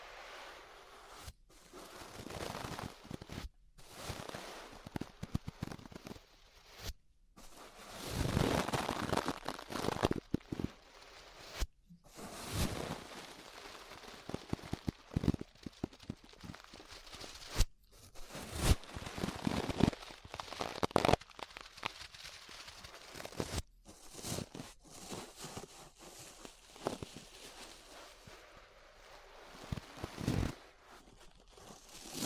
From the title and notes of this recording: ASMR Relaxing 3Dio Ear Brushing (No Talking).